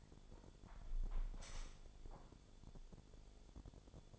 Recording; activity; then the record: daily activity, microphone in the room; close window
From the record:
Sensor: 5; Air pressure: 1015.0 hPa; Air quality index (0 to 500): 104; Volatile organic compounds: 2 ppm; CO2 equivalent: 1114 ppm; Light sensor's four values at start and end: 35/81/33/31 and 35/81/33/31